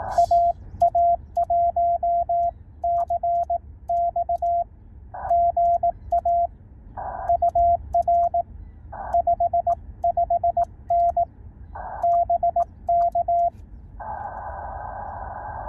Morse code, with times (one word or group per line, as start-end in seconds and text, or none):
0.2-4.6 AA1CX
5.3-6.5 GA
7.3-8.4 UR
9.1-11.2 55N
12.0-13.5 BK